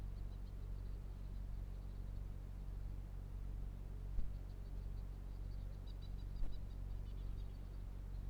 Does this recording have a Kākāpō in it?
no